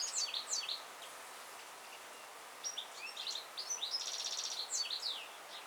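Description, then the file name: European goldfinch song: quick high twittering with a buzzy rattle near the end, a brief lull after the opening notes. "Carduelis carduelis"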